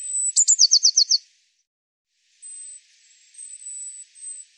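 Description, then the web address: Eurasian blue tit giving a high thin note then a quick trill of several short notes, followed by fainter drawn-out high thin notes. "cianscape birddata Deverinetal 2025 File cleaned normalized Bird Cy Ca"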